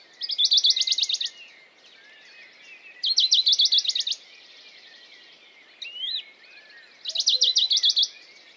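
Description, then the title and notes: Western Bonelli's warbler delivering three loud rattling trills at a quick pace, with a brief rising whistle from another bird between them. Dawn chorus, 6 May 2020, Piste aux espagnols, Valmaravel, Drôme; unpaired bird perched on a small pine branch, rapid courtship song to attract a female; Nagra Seven recorder, MKH40 microphone. "CHORUS DE BONELLI. 06 mai 2020-Piste aux espagnols - Valmaravel - Drôme - Nagra seven - mkh40 Le chorus (lever du jour des oiseaux) est très intéressant ce matin de mai par ce chant étonnant du Pouillot de Bonelli (Phylloscopus bonelli)"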